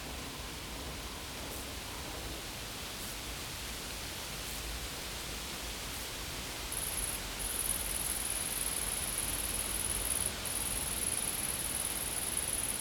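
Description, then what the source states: Insect call: after a stretch of hiss, a shrill high trill begins and continues with two short breaks, over steady background noise. Insects in a field.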